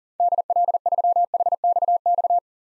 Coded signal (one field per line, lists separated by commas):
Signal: Morse code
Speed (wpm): 40 wpm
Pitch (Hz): 700 Hz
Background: none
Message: DL3HXX